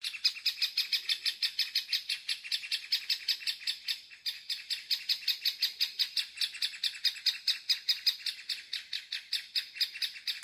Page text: Dižraibais dzenis, Dendrocopos major Novērojuma laiks 29-May-2025 plkst. 19:51 Saldus novads Skaits 1 Statuss Ligzda ar mazuļiem (LM)